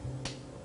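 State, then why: Seated. A crimped metal male contact on a solar cable is slid into the female plastic body of an Amphenol solar connector until it locks. Over a steady low hum, a single sharp tick sounds at 0.3 s as the contact clicks into place and is seated.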